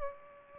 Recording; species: mosquito wingbeat signal from an infrared sensor; Aedes aegypti